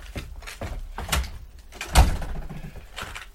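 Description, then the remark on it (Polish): A door is pushed shut with a loud, heavy thud, preceded by a few lighter clatters and rattles of the handle and frame. No voices are heard. “Kochanie, mam coś dla ciebie, ale otwórz drzwi.”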